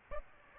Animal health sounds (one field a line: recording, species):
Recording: mosquito wingbeat signal from an infrared sensor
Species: Aedes aegypti